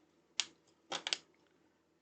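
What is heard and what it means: Two plastic halves of the radiator for a Ferrari 250 GTO scale model car are lined up and pushed together, snapping into place with a sharp click at 0.4 s. A short cluster of lighter plastic clicks and rattles follows around 0.9 to 1.2 s, and the radiator halves are seated.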